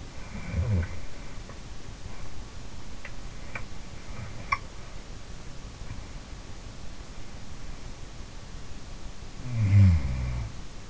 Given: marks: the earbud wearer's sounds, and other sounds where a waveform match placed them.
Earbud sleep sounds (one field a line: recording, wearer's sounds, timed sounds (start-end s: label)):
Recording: sounds in sleep by an in-ear microphone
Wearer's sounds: snoring breath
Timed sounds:
0.00-1.44 s: snoring breath
2.76-5.82 s: sound from someone else or the room
8.94-10.90 s: snoring breath